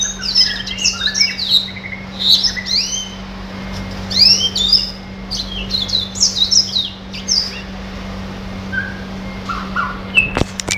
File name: red siskin